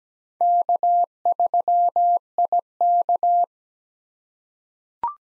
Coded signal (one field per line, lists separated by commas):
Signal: Morse code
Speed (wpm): 17 wpm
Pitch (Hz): 700 Hz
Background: none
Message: K3IK